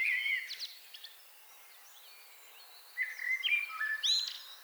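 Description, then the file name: Common blackbird song: two warbled phrases, the first at the start and the second after a pause of about two seconds, each ending in higher squeaky notes over faint background hiss. "Turdus merula"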